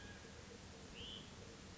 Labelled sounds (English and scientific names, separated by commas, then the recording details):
Hutton's Vireo (Vireo huttoni)
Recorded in Sonoma County, California